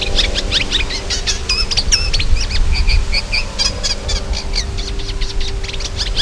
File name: Acrocephalus scirpaceus